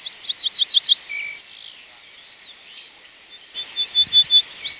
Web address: emberiza hortulana call